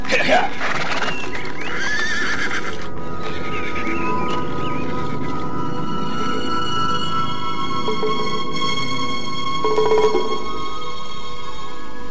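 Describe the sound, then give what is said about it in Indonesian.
A tired horse whinnies loudly with a shrill, wavering cry, followed by further snorts and neighs over a steady clatter of hooves, with faint voices underneath. “Kuda ini sudah terlalu capek.”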